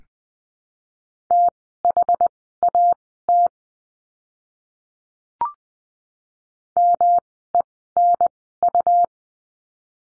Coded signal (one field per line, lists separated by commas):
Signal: Morse code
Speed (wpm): 20 wpm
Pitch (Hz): 700 Hz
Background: none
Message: THAT MENU